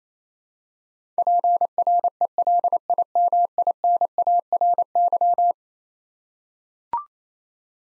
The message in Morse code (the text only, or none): PRELIMINARY